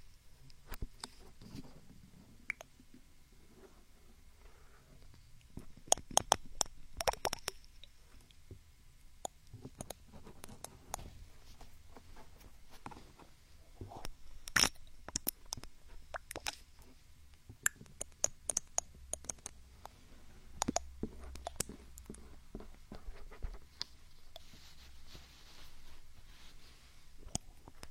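Ear picking and ear massage, recorded binaurally, come through as sharp clicks, scrapes and soft squishy rubbing over a low rumble. The sounds arrive in irregular bursts, densest around six to eight seconds and again mid-clip, with quieter stretches between.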